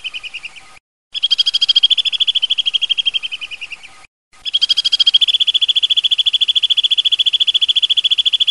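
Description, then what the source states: Bird trilling in fast pulsed runs on a steady high pitch, broken by two short silences. Bird ringtone, described as a bird with a melodious voice.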